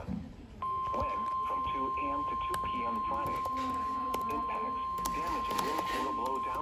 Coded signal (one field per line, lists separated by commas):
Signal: Emergency Alert System (SAME) tones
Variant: 1050 Hz attention tone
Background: speech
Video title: EASes at School!! EAS 1455-1457: NWS Pittsburgh High Wind Warnings + WAHC Relay